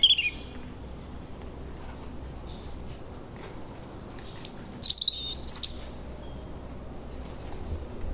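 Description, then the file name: European robin song: a few scattered short, high, thin phrases separated by long pauses. "Erithacus rubecula"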